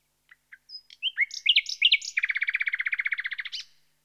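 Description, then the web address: Common nightingale song: a few soft introductory notes, rising whistled phrases, then a long rapid series of repeated throbbing notes lasting over a second. "The BBC Sound Effects Library. Nightingale"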